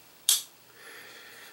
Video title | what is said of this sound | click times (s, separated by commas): Spyderco Spy-DK First Look. | and it's back spring is pretty Snappy I'm sure you can hear it snap | 0.3 s